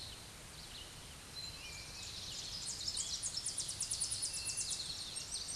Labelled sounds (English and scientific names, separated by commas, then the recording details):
Tennessee Warbler (Leiothlypis peregrina) song
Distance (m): 30 m
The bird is about 5 m below the microphone
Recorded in a Pennsylvania forest on 16 May 2024 at 07:50
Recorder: AudioMoth, point MSD-1892
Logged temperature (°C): 14.5 °C
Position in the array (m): 83 m, 75 m